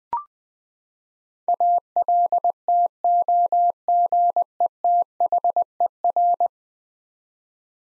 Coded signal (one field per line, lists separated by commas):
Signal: Morse code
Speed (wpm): 20 wpm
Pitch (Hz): 700 Hz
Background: none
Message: ALTOGETHER